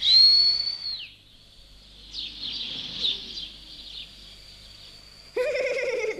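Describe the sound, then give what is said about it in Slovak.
A person whistles a long, steady high note that wavers and trills slightly, holding for several seconds before a sudden louder burst of a richer, lower-pitched tone at the end. “Keď tak dobre hvízdaš, budeme sa spolu hrať.”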